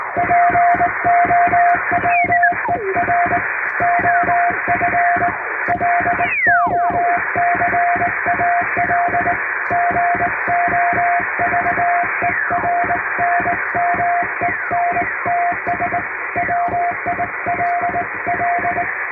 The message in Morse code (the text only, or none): POWER OF LOCAL GOVERNMENTS WILL